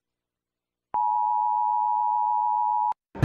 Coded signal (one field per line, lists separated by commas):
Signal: Emergency Alert System (SAME) tones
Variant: 853 and 960 Hz attention tone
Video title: ⚠️Norfolk Islands EAS alarm (1900)⚠️